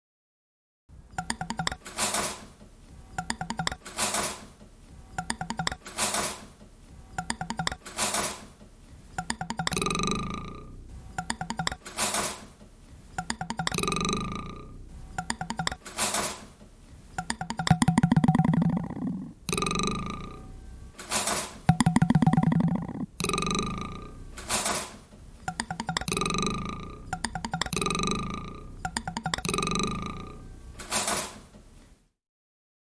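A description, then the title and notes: A knife is worked against a marble top, giving a buzzing, vibrating tone in rapid bursts that start and stop roughly every second. Some bursts swell into a deeper, wobbling drone, strongest around eighteen and twenty-two seconds. Sharp ticks punctuate the pauses. Vibrating knife - Instant Sound Art.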